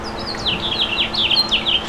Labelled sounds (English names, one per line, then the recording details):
House Finch song
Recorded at Merrick on Long Island, New York, on 17 May 2013
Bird B